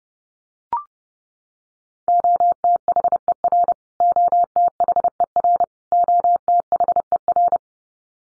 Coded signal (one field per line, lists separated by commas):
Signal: Morse code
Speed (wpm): 30 wpm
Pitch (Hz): 700 Hz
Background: none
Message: OTHER OTHER OTHER